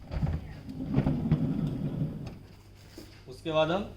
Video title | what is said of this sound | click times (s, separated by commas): NCR Cash Loading Final Video ATM cash loading | पहले ऊपर वाला हम लगाएंगे, फिर नीचे वाला पुश कर देंगे हल्के से, तो ये लॉक हो जाएगा। | 1.3 s, 2.3 s